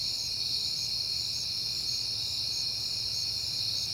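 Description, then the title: A chorus of crickets chirps without pause, high and ringing, with a faster pulsing trill on top and faint low-frequency noise. Crickets recorded at night in September on a peaceful night; crickets heard often that month. "Night Time: Crickets and Passing Cars"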